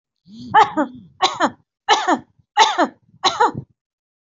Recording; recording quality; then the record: heavy voluntary cough; excellent, no background noise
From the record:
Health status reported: healthy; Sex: female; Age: 56 years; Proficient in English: yes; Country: India